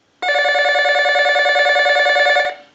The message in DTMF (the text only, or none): none